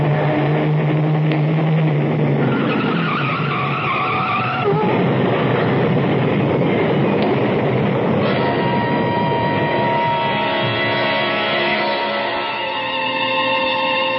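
A truck roars past on the road with a loud, sustained rush of engine noise and screeching, skidding tires, shifting whining tones rising and falling throughout, with no voices.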